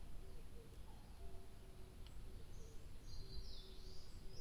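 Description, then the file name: Birds calling: soft low notes repeated in a steady series, then a burst of high chirping twitters near the end, over a rumbling background. 2 July 2023. "birdsong 20230702"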